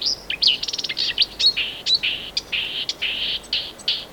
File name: Marsh Warbler (Acrocephalus palustris)